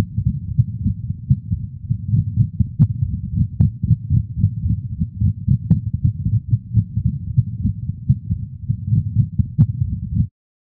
Auscultation of this irregularly irregular rapid heart rhythm with variably intense heart sounds is often described as similar to the rhythm that results from listening to tennis shoes tumbling in a clothes dryer. Atrial fibrillation is often associated with dilated cardiomyopathy in dogs. Atrial fibrillation from a dog.